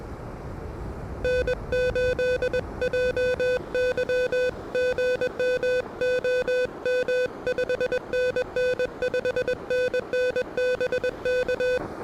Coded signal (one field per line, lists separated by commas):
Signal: Morse code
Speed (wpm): 22 wpm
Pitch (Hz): 500 Hz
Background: music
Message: N8JY GM OM 5NN 5NN BK